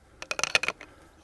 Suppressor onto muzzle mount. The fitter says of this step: and it locks in place just like so